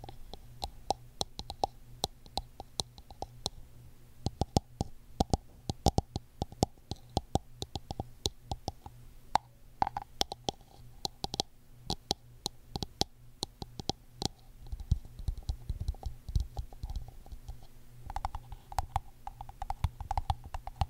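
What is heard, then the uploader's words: Crisp tapping on a hard surface, the taps coming in quick, uneven clusters with brief pauses throughout. Each tap is sharp and bright with a small hollow knock beneath, over a faint steady low hum, and some taps land noticeably harder than others. ASMR Tapping For Sleep (No Talking).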